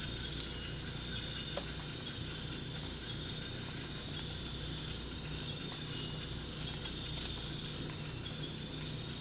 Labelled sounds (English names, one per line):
none